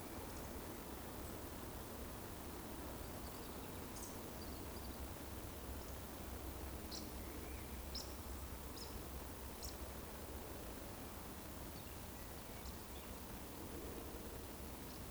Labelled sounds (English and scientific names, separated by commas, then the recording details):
Eurasian Woodcock (Scolopax rusticola) whistle
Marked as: whistle, whistle, woodcock, woodcock, woodcock, woodcock, woodcock, woodcock
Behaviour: display flight
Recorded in Baden-Württemberg, Germany, on 25 June 2020 at 19:52 UTC
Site 14569, 102 m above sea level